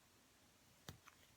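The friction-fit cap of a Franklin Christoph Model 20 fountain pen is pushed onto the pen body, a cap with no positive stop that is simply pushed until it won't go further. A brief, sharp tick sounds at about 0.9 s and a fainter one near 1.1 s, both over a quiet background. Nothing has seated or clicked yet.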